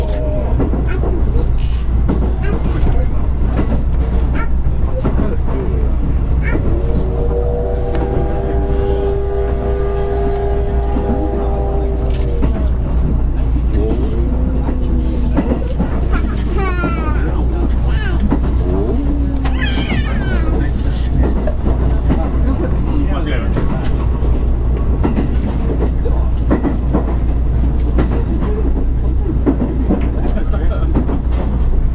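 Steady low rumble inside a moving train car, with a sustained tonal whine around seconds 7–12 and brief squeals and clatters later.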